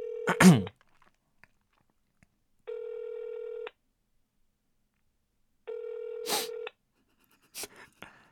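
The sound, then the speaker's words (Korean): A phone call placed to a friend during a radio recording connects with a brief electronic chirp, then rings out: two steady, mid-pitched ringback tones about a second long, separated by silence, with a few soft clicks and taps. “네, 한번 전화해보세요.”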